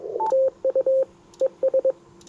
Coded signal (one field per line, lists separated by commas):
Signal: Morse code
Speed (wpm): 21 wpm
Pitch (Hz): 530 Hz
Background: radio noise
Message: TU ES